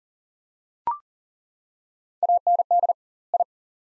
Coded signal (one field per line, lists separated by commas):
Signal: Morse code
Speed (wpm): 40 wpm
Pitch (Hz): 700 Hz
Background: none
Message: AND I